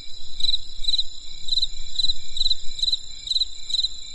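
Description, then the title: Insect calling with regular pulsed chirps roughly twice per second above a constant high-pitched hum, faint low-frequency noise behind. Crisp insect sounds on a winter night in the countryside. "There was a crisp sound of insects in the winter night. Come and experience a sound therapy feast from the countryside"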